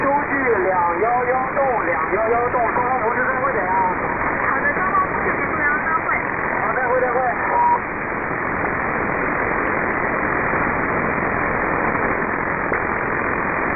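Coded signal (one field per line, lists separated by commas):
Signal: unidentified radio signal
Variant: VC03 (Chinese Robot cousin)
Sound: robotic warbling, stepping tones over steady shortwave hiss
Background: radio static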